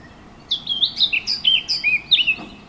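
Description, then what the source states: Warbler song: a brisk two-second phrase of sweet, slurred warbling notes that jump up and down in pitch, over quiet background hiss. Recorded 15 June 2014 with an MZ-N710 recorder.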